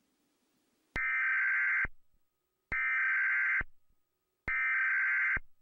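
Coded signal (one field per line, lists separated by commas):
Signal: Emergency Alert System (SAME) tones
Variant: header bursts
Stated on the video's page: A mock EAS scenario, fictional, containing valid EAS tones.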